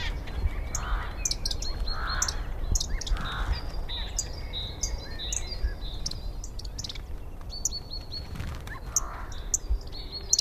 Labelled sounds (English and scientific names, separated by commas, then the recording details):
Yellowhammer (Emberiza citrinella)
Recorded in the wild
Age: adult
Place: Hobrechtsfelder Rieselfelder, Naturpark Barnim, Berlin, DE
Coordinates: 52.6617, 13.5133
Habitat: copse
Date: 2013-04-14
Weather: sunny, windless, 5°C
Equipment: Sound Devices 702, Sennheiser MKH 70, Rycote Windschutz
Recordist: Frommolt, Karl-Heinz